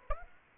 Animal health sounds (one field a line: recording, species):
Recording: mosquito wingbeat signal from an infrared sensor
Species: Aedes aegypti